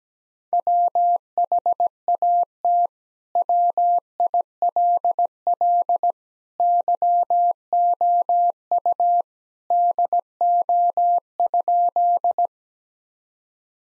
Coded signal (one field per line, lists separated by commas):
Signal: Morse code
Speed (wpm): 17 wpm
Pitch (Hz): 700 Hz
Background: none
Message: WHAT WILL YOU DO?